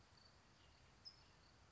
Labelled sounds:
California Towhee
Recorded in Sonoma County, California

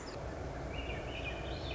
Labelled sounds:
Swainson's Thrush
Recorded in Sonoma County, California

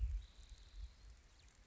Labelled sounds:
Cassin's Vireo
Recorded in Sonoma County, California

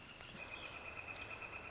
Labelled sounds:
Northern Flicker
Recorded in Sonoma County, California

